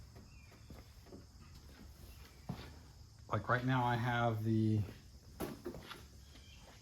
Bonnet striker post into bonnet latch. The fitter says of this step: rod pulled so it's not released so it's not latching because